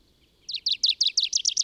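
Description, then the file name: Tree pipit song, a steady rapid series of loud, high, downslurred notes after a brief quiet start. Recorded in the Bavarian Forest, Germany, on 25 April 2015. "Baumpieper. Bayerischer Wald REG. Susanne Rieck"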